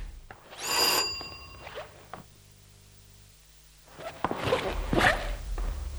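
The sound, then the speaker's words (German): A doorbell of an apartment rings once with a bright, metallic ring that fades over about a second, then quiet, followed by rustling and shuffling noises. “Gut, ich klinge mal.”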